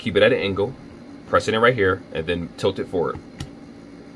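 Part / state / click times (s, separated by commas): game controller into charging station dock / seated / 3.4 s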